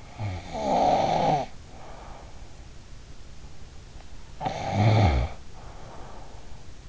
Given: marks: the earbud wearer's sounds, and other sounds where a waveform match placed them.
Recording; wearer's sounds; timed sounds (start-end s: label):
sounds in sleep by an in-ear microphone; snoring breath
0.00-2.75 s: snoring breath
4.20-6.78 s: snoring breath